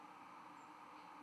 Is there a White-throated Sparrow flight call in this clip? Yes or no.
no